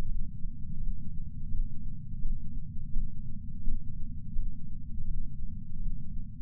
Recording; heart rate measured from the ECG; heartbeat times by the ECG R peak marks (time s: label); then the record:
heart sounds by patch sensor on the chest; 84 bpm
0.06 s: heartbeat
0.77 s: heartbeat
1.49 s: heartbeat
2.20 s: heartbeat
2.91 s: heartbeat
3.62 s: heartbeat
4.33 s: heartbeat
5.05 s: heartbeat
5.76 s: heartbeat
From the record:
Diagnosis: coronary artery disease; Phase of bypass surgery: postoperative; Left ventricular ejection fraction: 68.7%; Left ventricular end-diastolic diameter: 42 mm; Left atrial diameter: 41 mm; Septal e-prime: 3.9 cm/s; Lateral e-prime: 4.9 cm/s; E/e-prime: 19.8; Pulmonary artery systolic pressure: 30 mmHg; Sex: female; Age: 73 years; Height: 160 cm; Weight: 70 kg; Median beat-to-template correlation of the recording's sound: 0.85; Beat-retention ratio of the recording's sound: 0.98